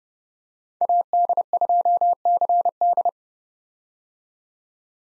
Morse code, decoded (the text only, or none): AD2CD